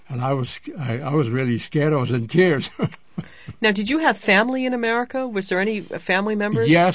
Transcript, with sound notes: And I was really scared. I was in tears. ( he laughs )
Now, did you have family in America? Was there any family members?
Yes.